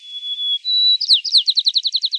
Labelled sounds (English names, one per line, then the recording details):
White-crowned Sparrow song
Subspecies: nuttalli
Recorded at Battery East, California, in 2013
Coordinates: 37.807, -122.471
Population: north
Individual beE_13